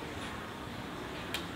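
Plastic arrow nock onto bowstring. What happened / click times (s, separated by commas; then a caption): The small plastic part snapped onto the cord with a light click / 1.3 s. A fang-type plastic arrow nock is pressed onto the string of a 50 lb bow, producing a faint click at 1.3 s against low background noise. The nock seats with only a weak click, and its grip is not enough to hold the arrow's weight.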